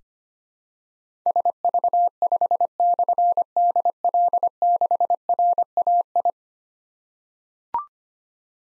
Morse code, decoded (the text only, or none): SV5/DL6RAI